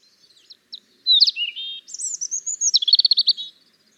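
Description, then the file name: European robin song: a varied phrase of soft notes and whistles, then a high sustained note and a fast trill of pulsed notes. "Erithacus rubecula"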